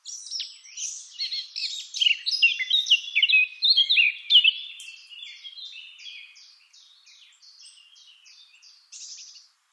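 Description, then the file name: Eurasian blackcap song, a lively warble of mixed chirps and whistles that shifts into a steady series of short, high repeated notes. "Sylvia atricapilla"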